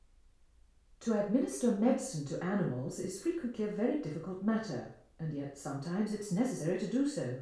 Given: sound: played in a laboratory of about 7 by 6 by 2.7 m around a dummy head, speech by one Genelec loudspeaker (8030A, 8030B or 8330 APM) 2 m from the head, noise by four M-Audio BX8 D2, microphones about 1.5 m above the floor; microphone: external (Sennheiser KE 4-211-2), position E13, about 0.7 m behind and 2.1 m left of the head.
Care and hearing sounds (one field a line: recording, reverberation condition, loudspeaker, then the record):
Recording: female speech in English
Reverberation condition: medium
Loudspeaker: 150 degrees to the left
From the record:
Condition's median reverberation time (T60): about 510 ms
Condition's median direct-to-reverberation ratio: about -0.5 dB